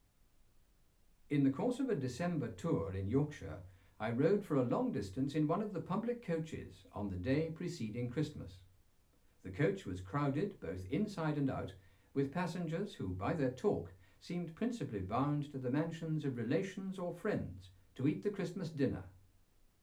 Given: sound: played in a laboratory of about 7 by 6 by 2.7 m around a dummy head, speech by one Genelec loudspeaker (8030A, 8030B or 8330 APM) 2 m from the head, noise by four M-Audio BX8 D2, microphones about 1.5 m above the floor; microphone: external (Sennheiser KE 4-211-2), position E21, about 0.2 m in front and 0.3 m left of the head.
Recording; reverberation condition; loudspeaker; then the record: male speech in English; low; 120 degrees to the right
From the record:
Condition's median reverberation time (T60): about 310 ms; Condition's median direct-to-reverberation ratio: about 3.5 dB